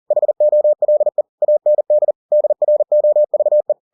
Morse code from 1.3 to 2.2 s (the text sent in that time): AND